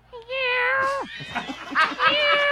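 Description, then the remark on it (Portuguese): A person imitates an angora cat's meow: one long, nasal, drawn-out meow whose pitch drops sharply at the end, followed by a string of shorter, wavering mews. “Ah, o angorá é um miado diferente.”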